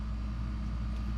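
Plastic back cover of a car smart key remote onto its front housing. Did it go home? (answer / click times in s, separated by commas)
no / none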